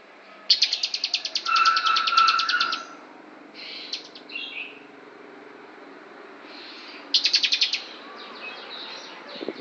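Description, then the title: Lovebird song of rapid clicking trills in short bursts, with a sustained lower whistle beneath the first, then quiet scratchy notes and another brief trill. Lovebird imitating the song of the Javan prinia (ciblek). "Lovebird Suara Ciblek"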